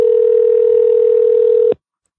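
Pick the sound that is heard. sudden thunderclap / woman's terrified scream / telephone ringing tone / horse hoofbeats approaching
telephone ringing tone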